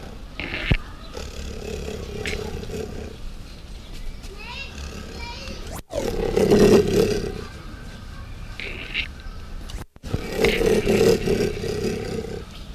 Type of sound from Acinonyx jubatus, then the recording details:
call. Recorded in captivity. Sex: pair. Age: adult. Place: Zoo Leipzig, Sachsen, DE. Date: 1969-05-03 11:30. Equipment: Uher 4200 Report Stereo, Sennheiser MD 421, Verstärker 1, Doppelspuraufnahme. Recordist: Tembrock, Günter